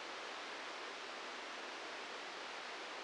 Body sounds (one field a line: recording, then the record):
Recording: brain microelectrode recording played as sound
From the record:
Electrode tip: inside the subthalamic nucleus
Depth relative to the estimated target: 0 mm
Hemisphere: right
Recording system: NeuroSet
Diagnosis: Parkinson's disease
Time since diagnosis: 15 years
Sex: female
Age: 59 years